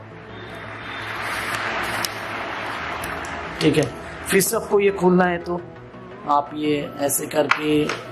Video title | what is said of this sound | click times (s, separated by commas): Mellerware INALSA Stand Mixer MWSM 01 --1000watt -- 5 lit -Episode-1 | push करके छोड़ देना है ठीक है अब देखिए ये लॉक हो गया है ठीक | 2.0 s